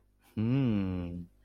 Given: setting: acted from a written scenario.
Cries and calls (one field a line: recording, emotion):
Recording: vocal sound without words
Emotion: contentment